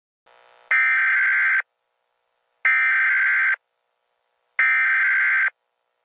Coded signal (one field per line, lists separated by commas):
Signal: Emergency Alert System (SAME) tones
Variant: header bursts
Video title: Aphmau The Killer [An EAS Scenario]